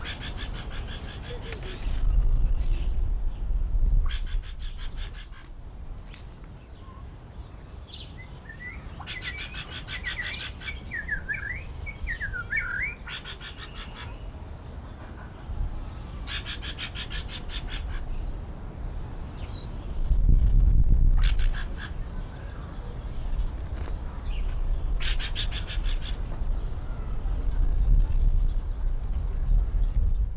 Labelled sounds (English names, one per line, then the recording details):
Rusty-cheeked Scimitar Babbler call
White-rumped Shama
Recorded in captivity
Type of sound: call sequence
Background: Copsychus malabaricus
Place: Zoo Berlin, Berlin, DE
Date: 1994-04-02 12:04
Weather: wolkig bis heiter, 8-10°C
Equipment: Marantz CP 430, Sennheiser ME 80, Kopie Uher Variocord 263
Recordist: Tembrock, Günter
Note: Lautfolgen - zwischen Schamadrosselaufnahme